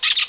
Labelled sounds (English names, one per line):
Brown-throated Parakeet contact call